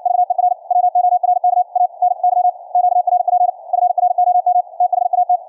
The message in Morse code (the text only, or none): VER WORK ANY QRP FROM THAT